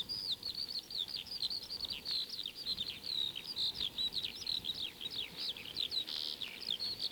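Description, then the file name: Eurasian skylark song, a continuous rapid stream of high chirps, trills and short whistled slurs with no pauses, under a faint steady hiss. Old 1937 disc recording of song. "skylark-song-disc-3-side-a-more-songs-of-wild-birds"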